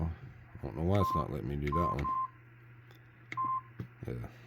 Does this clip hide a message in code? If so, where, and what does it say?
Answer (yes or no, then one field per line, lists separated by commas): no